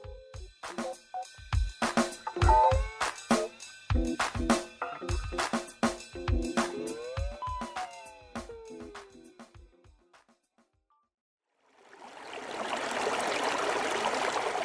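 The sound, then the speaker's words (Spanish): After a run of struck, ringing tones and a short silence, a steady rushing wash of a river stream flowing over stones rises in and continues evenly to the end. “Si el río suena, es porque piedras trae.”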